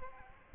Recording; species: mosquito wingbeat signal from an infrared sensor; Aedes aegypti